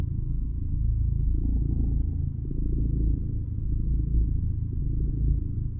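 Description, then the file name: Cat purring: a steady, deep, rumbling vibration with a fast pulsing rhythm, continuous and unbroken throughout. "Purr"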